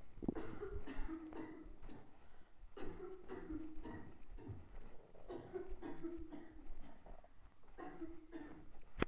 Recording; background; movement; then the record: deep breathing; a bystander coughing; walking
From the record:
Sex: female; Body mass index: 21.8 kg/m2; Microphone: on the chest, facing the body